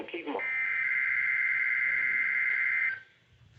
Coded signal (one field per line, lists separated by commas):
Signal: Emergency Alert System (SAME) tones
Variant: header bursts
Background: speech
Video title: Making up lost time... | EAS #421-424 + #1484 (GSP Required Weekly Tests from 11/3/2021)